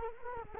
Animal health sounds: mosquito wingbeat signal from an infrared sensor; Culex quinquefasciatus

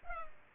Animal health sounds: mosquito wingbeat signal from an infrared sensor; Culex pipiens

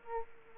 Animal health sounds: mosquito wingbeat signal from an infrared sensor; Aedes aegypti

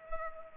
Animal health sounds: mosquito wingbeat signal from an infrared sensor; Culex pipiens

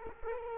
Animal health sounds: mosquito wingbeat signal from an infrared sensor; Culex quinquefasciatus

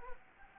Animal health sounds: mosquito wingbeat signal from an infrared sensor; Anopheles arabiensis

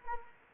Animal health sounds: mosquito wingbeat signal from an infrared sensor; Anopheles arabiensis

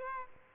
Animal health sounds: mosquito wingbeat signal from an infrared sensor; Aedes albopictus

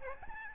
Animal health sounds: mosquito wingbeat signal from an infrared sensor; Aedes albopictus

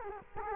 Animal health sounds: mosquito wingbeat signal from an infrared sensor; Culex quinquefasciatus

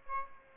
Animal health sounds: mosquito wingbeat signal from an infrared sensor; Aedes aegypti

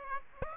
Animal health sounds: mosquito wingbeat signal from an infrared sensor; Aedes aegypti

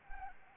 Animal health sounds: mosquito wingbeat signal from an infrared sensor; Anopheles arabiensis

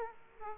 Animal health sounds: mosquito wingbeat signal from an infrared sensor; Aedes aegypti

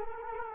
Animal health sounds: mosquito wingbeat signal from an infrared sensor; Culex quinquefasciatus

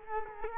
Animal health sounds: mosquito wingbeat signal from an infrared sensor; Culex quinquefasciatus

